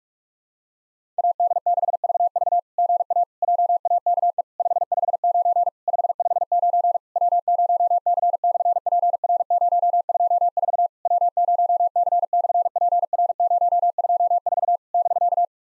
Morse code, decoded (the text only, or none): AD6VV GA JAKE 559 559 W0C/PR024 W0C/PR024 <BK>